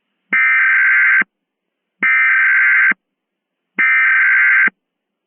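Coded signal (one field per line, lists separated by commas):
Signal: Emergency Alert System (SAME) tones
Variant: header bursts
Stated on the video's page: Fictional mock EAS scenario using Microsoft Sam text-to-speech voice.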